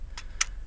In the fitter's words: there we go, it's a little click there.